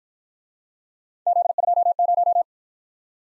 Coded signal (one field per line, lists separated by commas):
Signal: Morse code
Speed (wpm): 51 wpm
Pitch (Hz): 700 Hz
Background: none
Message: Z20